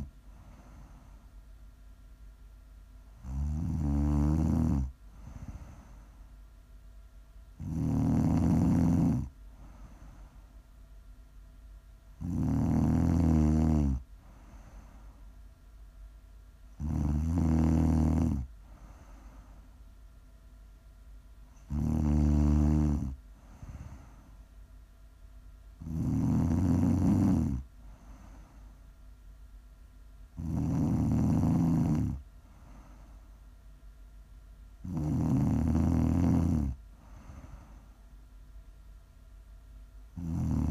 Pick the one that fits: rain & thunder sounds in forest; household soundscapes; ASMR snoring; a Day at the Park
ASMR snoring